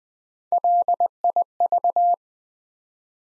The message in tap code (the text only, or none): none